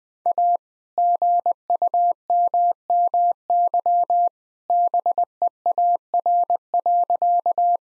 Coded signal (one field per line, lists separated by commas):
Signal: Morse code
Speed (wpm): 21 wpm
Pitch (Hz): 700 Hz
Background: none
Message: A GUMMY BEAR.